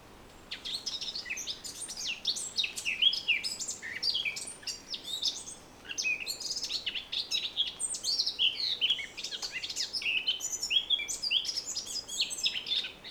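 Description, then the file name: Eurasian blackcap warbling song, fast jumbled chattering and squeaky notes in two long bursts separated by a short pause, quiet hiss beneath. "Sylvia atricapilla"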